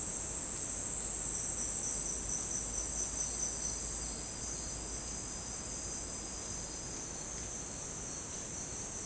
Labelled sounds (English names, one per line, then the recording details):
none
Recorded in secondary vegetation near Puerto Asís, Putumayo, Colombia, on 29 June 2025 at 09:30
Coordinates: 0.484, -76.319
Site G074